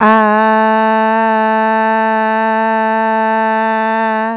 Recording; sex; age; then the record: sustained vowel /a/; female; 40 to 49 years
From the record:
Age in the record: 42 years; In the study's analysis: included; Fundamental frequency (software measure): 210 Hz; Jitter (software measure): 0.32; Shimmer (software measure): 0.63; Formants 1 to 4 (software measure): 860 Hz, 1739 Hz, 2694 Hz, 3783 Hz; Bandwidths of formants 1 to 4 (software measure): 77 Hz, 206 Hz, 129 Hz, 226 Hz